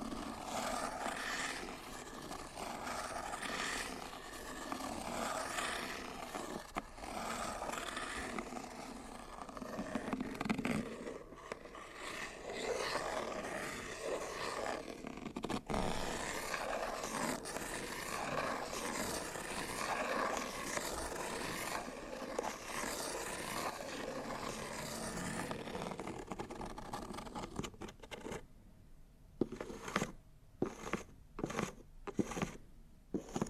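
Scratching and rubbing on cardboard boxes, a dense, continuous rasp of strokes that swell and fade over the first half minute, with a few sharper scrapes along the way. Near the end the rubbing stops and gives way to a series of short, separate scratches.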